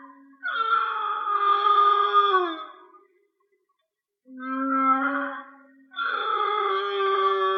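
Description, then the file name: Whale song of long, harmonic, slightly wavering moans, one sliding downward at its end, with a short quiet pause before further tonal calls. "Whale Song-colin"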